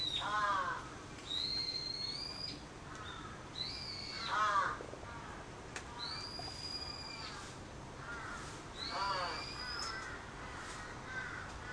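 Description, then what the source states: Crow giving several rough, grating caws, while another bird adds clear, slightly rising whistles between them against a soft hiss. Recorded on 14 July 2022 at 06:52.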